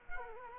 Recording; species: mosquito wingbeat signal from an infrared sensor; Culex quinquefasciatus